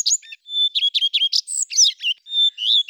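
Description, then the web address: Common redstart song: a quick, varied run of high chirps, trills and short whistled notes, some squeaky and scratchy, delivered almost without pause over three seconds. "Phoenicurus phoenicurus"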